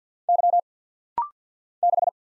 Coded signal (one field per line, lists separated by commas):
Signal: Morse code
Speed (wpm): 48 wpm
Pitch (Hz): 700 Hz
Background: none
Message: Y 6